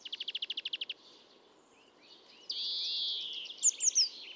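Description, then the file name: European greenfinch calls: a fast dry trill of about ten notes, a pause, then a long wheezy nasal note and high twitters. "Chloris chloris"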